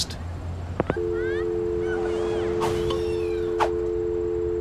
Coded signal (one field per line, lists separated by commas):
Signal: telephone call progress tone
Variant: North America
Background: speech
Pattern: dial tone